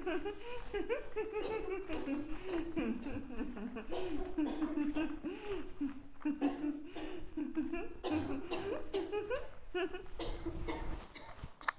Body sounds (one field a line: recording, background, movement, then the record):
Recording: laughter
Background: a bystander coughing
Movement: walking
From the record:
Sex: female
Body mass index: 36.4 kg/m2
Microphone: on the chest, facing outward